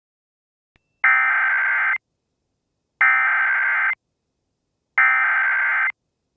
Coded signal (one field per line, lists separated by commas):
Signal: Emergency Alert System (SAME) tones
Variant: header bursts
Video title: EAS Mock: The Night Chicago Died